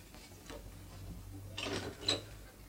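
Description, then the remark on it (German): A door is opened: a soft mechanical rattle of the handle and latch, followed by a couple of sharper clicks, over a steady low hum. “Mach doch mal auf”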